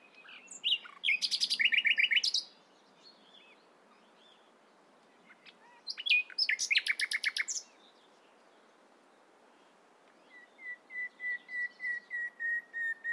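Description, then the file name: Common nightingale song: varied phrases with rapid repeated buzzy trills, a pause, then a steady series of high whistled notes repeated quickly. "Luscinia megarhynchos"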